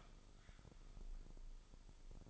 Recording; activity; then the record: daily activity, microphone in the room; sweep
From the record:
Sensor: 5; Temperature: 24.6 degrees Celsius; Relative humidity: 32.2%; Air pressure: 996.1 hPa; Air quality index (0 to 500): 100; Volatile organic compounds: 6 ppm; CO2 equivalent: 1921 ppm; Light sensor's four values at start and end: 45/109/45/48 and 45/109/45/48